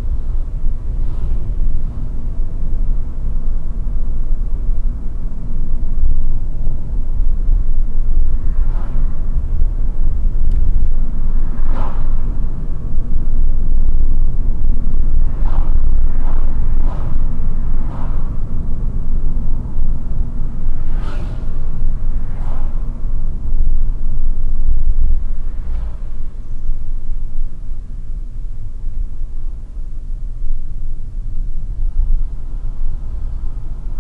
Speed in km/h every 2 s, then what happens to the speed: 46, 51, 50, 49, 51, 51, 52, 50, 51, 49, 44, 40, 35, 27, 28, 29, 35.
0-17 steady at about 51. 17-26 slows to 27. 30-34 speeds up to 35.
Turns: none.